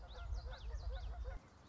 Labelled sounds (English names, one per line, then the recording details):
Common Yellowthroat
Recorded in Sonoma County, California